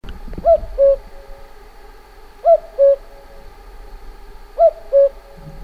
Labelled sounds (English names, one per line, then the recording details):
Common Cuckoo
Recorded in the wild
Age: adult
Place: Peenemuende, Usedom, Mecklenburg-Vorpommern, DE
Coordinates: 54.1677, 13.7642
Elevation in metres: 0
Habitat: grassland
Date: 2014-05-25 22:24
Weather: 15°C, almost windless
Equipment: Sound Devices 702, Sennheiser MKH 70, Rycote Windschutz
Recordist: Frommolt, Karl-Heinz
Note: Nördlicher Bereich des Flugplatzes Peenemünde: Rufe eines Kuckucks